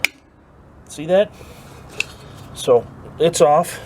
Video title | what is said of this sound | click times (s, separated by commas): Burner Installation and Test. | turn it on it clicks into place | 0.0 s